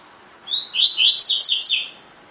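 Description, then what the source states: Double-collared seedeater song: one bright, high phrase of quick slurred whistles, first rising then stepping upward into sharp downslurred notes, lasting about a second and a half. Song in the "tui tui" style, with the bird described as "fibra"; Brazilian Portuguese name coleiro de gola.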